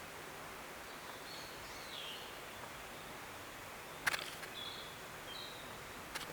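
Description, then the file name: Narcissus flycatcher faintly singing short high whistled phrases with slurred notes, amid constant hiss and two sharp clicks. Recorded 27 June 2012. "キビタキ三谷"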